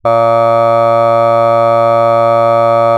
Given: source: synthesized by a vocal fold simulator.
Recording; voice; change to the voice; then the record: sustained vowel; male; none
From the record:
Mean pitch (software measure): 115 Hz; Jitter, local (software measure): 0.19%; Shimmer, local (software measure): 0.6%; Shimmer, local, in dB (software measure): 0.05 dB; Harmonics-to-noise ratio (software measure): 34.3 dB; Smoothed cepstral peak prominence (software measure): 25.0 dB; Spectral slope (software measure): -17.1 dB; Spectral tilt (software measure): -9.7 dB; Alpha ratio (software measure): -7.6 dB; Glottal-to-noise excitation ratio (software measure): 0.997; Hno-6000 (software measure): 2.4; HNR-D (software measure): 24.9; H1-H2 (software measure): 4.9 dB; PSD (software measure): 1.8e-05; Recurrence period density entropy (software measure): 0.112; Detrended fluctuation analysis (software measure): 0.0549